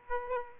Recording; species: mosquito wingbeat signal from an infrared sensor; Aedes aegypti